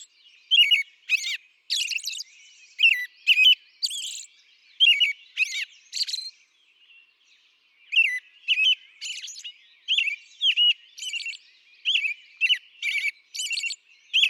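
American robin song of rapid, bubbly whistled phrases, some dropping in pitch, interspersed with high shrill notes; a brief lull near the middle, then singing resumes.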